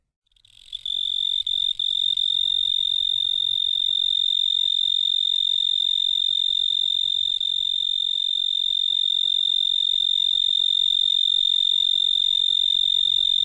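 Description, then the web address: Pine tree cricket song: an unbroken, even, high-pitched trill that starts after a brief moment and continues steadily to the end. "The Songs of Insects. Pine Tree Cricket"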